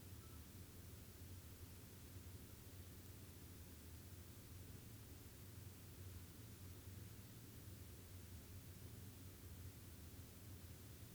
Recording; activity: daily activity, guitar pickup as the sensor; stand